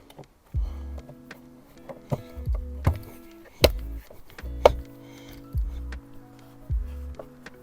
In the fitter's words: Voilà, ça fait clic. C'est bon.